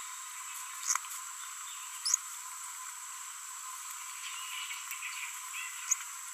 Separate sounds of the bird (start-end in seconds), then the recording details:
2.06-2.15, 5.89-5.93. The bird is a female. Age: 22 days. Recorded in a nest box in Venezuela. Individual 17B42B3